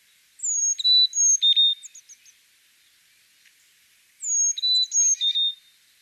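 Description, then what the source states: Carolina Chickadee song: a series of clear whistled notes alternating high and lower, followed by a few short high notes, then the song repeats after a pause. Recorded in Virginia; song similar to that of the black-capped chickadee.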